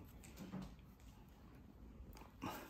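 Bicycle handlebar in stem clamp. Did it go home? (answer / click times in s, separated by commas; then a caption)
no / none. The handlebar stem clamp on an Eskute Netuno Plus electric bicycle is tightened with an Allen key, with the handlebar held in the stem clamp. Only faint handling taps and scrapes are heard over low background noise. Nothing has seated or clicked into place yet.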